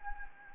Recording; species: mosquito wingbeat signal from an infrared sensor; Anopheles gambiae